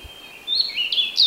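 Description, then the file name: European robin calling with thin high whistled notes, a short rising phrase followed by sharper higher notes near the end, over faint background hiss. "Erithacus rubecula"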